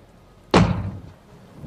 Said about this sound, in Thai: มีคนถีบประตูบ้านพักจากด้านนอกทุกสายตาต่างหันไปมองตำแหน่งประตูท่ามกลางความมืดมิด